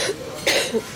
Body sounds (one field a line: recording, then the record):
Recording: coughing mixed with background sound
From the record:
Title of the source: 55 gaggy wet cough